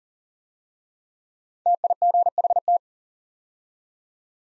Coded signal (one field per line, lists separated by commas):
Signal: Morse code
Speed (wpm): 39 wpm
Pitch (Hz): 700 Hz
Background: none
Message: TIGHT